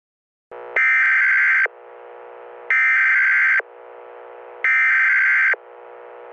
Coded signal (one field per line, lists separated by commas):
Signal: Emergency Alert System (SAME) tones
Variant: header bursts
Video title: EAS during the 9/11 attacks | Historical EAS Scenario